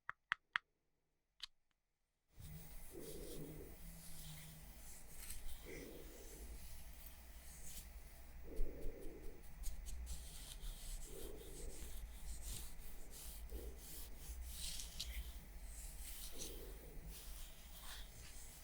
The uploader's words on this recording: ASMR Makeup Triggers For Sleep Tapping, Scratching, etc (No Talking).